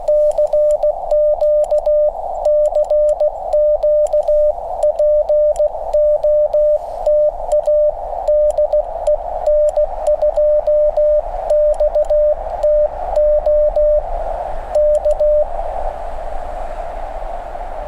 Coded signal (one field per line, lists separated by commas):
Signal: Morse code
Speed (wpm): 16 wpm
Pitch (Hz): 600 Hz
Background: radio noise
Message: CQ CQ POTA DE N2XTO K